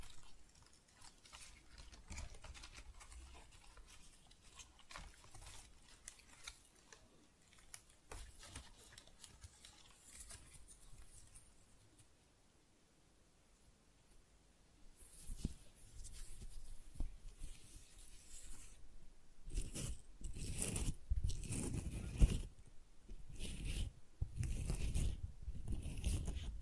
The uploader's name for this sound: Tingly Flower Sounds